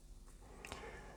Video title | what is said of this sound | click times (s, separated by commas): Xiaomi Poco X4 GT: How to insert the SIM card? Installation of the nano SIM cards (Tutorial) | so let's say one press it well sometimes you will hear a click noise that's good | 0.6 s, 0.7 s